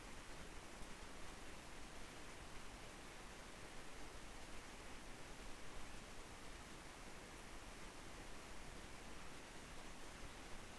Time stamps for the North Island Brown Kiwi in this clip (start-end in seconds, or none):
none